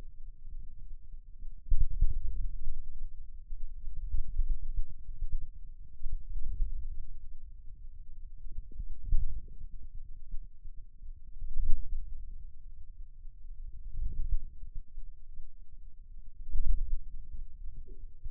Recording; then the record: forearm muscle sounds (acoustic myography)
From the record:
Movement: inward rotation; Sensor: system 2, bracelet of six BSWA MPA416 microphones around the upper forearm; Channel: 2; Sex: male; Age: 22 years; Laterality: right